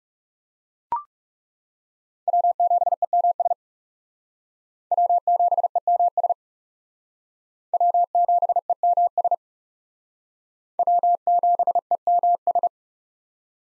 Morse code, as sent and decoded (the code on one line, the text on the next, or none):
.-- --... . -- ... / .-- --... . -- ... / .-- --... . -- ... / .-- --... . -- ...
W7EMS W7EMS W7EMS W7EMS